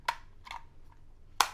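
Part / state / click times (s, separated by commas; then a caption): plug insert into travel power adapter body / seated / 1.4 s. A plug insert slides into the slots of a modular travel power adapter and is pushed down until it clicks into place. A sharp tap comes at 0.1 s and softer scraping rustles at about 0.5 s. The loudest sharp click at 1.4 s marks the insert seating in the adapter body.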